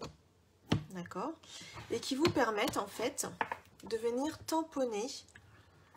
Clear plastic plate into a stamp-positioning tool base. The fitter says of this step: qui en fait viennent se clipser tout simplement ici sur le côté et en haut, d'accord?